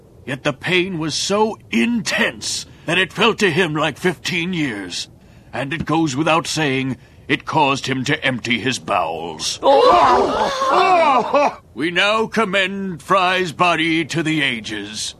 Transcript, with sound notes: Yet the pain was so intense that it felt to him like 15 years. And it goes without saying, it caused him to empty his bowels. *horrified sounds from the crowd* We now commend Fry's body to the ages.